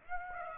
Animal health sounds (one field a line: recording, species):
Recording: mosquito wingbeat signal from an infrared sensor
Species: Aedes aegypti